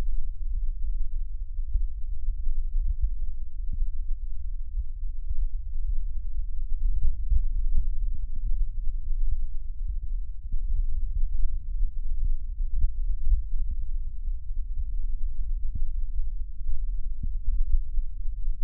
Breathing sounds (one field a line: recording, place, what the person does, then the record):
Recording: lung sounds by stethoscope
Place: right anterior apical chest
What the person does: quiet breathing, then deep breathing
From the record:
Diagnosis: COPD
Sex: male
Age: 77 years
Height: 164 cm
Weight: 58.2 kg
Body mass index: 21.6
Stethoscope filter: bell mode